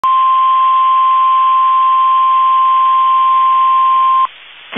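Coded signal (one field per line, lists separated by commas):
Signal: Emergency Alert System (SAME) tones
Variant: 1050 Hz attention tone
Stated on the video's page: Tornado warning on KEC65.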